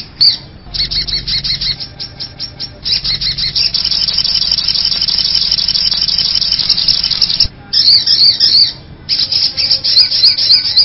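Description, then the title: Little spiderhunter: repeated sharp high notes in quick runs, broken by brief pauses, with a short burst of slurred squeaky notes near the end. Bird-luring sound (pikatan). "master pikatan burung sogok ontong"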